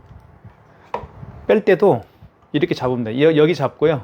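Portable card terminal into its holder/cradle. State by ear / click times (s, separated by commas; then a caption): seated / 0.9 s. A KMR-K102 Bluetooth card terminal, which supports Apple Pay, is pressed firmly into its holder after a tab is fitted into the holder's groove. It gives a sharp snap at 0.9 s as it seats. Someone talks through the rest of the clip.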